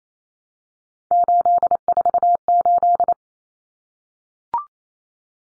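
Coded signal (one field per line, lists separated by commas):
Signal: Morse code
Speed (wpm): 28 wpm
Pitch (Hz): 700 Hz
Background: none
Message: 848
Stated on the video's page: Head-copy drill of three-digit numbers in cut numbers (T, A, N for 0, 1, 9) at 28 wpm, each sent, spoken, then sent again.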